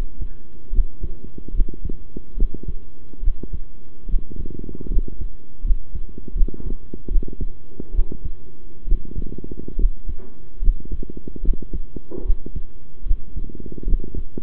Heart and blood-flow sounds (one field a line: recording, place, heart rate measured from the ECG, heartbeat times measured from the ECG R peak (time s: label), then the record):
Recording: heart sounds by stethoscope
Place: between the tricuspid and mitral areas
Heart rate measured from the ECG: 73 bpm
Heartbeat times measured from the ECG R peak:
0.72 s: heartbeat
1.53 s: heartbeat
2.36 s: heartbeat
3.22 s: heartbeat
4.08 s: heartbeat
4.89 s: heartbeat
5.63 s: heartbeat
6.34 s: heartbeat
7.10 s: heartbeat
7.93 s: heartbeat
8.86 s: heartbeat
9.77 s: heartbeat
10.61 s: heartbeat
11.42 s: heartbeat
12.24 s: heartbeat
13.05 s: heartbeat
13.86 s: heartbeat
From the record:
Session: rest, sitting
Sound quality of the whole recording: good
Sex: male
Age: 23 years